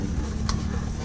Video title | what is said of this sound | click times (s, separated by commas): Meet Pavlos #TheDriftKid Samaras - PMmotorsport Vlog#02 | Έλα, κούμπωσε. | 0.5 s